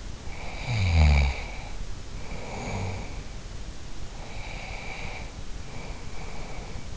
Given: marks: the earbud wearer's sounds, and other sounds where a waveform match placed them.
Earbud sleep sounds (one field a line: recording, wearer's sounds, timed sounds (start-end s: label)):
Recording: sounds in sleep by an in-ear microphone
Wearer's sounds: snoring breath, breath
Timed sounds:
0.22-3.34 s: snoring breath
4.06-6.97 s: breath